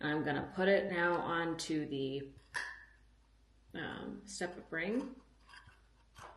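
Someone talks while handling a silver Nisi JetPro circular polarizer (CPL) filter, taken off the filter holder system, as it is brought onto a step-up ring on the lens. Between the speech there are a few faint, brief handling noises. Nothing has seated or clicked yet; the clip ends before the filter locks into place.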